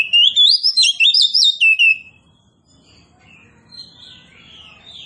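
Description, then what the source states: Oriental magpie-robin delivering a fast series of loud, sweeping whistled notes, followed by quieter, fainter warbling after a short gap. Kacer poci, a named variety, described as gacor, singing vigorously.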